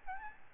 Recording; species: mosquito wingbeat signal from an infrared sensor; Aedes albopictus